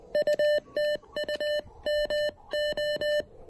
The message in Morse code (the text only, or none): UTU MO